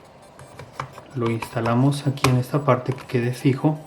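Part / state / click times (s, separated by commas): SATA hard drive into laptop drive bay / seated / 0.8 s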